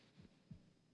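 Simulated adult heartbeat sound effect: dull, low-pitched thumps of a man's heartbeat during a lie detector test.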